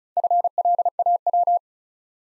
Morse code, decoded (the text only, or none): FLAW